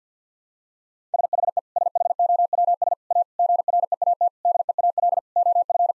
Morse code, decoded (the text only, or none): SHE SHOWS A GREAT DEAL OF